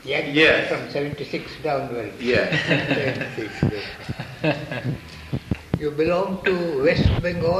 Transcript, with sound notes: Yes.
From seventy-six downwards. [laughter]
Yes.
You belong to West Bengal, I think?